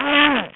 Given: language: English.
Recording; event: throat vibration sensor signal played as sound; throat clearing